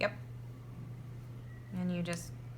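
A plastic backing washer for a plastic safety eye is being handled over the eye's post on a crocheted gingerbread head while someone talks. Only a steady low hum and soft handling noise are heard. Nothing has snapped or seated yet.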